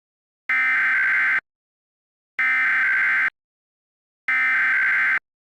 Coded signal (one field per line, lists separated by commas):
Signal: Emergency Alert System (SAME) tones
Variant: header bursts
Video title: EAS Mock: Required Monthly Test